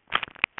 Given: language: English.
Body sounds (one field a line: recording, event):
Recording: throat vibration sensor signal played as sound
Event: swallow